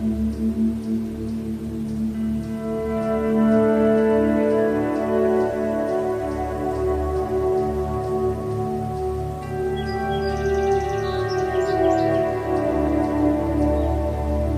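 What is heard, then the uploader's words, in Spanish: Soft, sustained new age music fills the whole clip, with a low drone underneath and layered held tones that swell in around two seconds. Around the tenth to thirteenth second, brief high chirps, likely birds, flutter above the music. The level stays steady throughout. Musica para el alma de pájaros, bosque, naturaleza. Sonidos de la naturaleza, sonidos de pájaros, sonido ambiental, música New age.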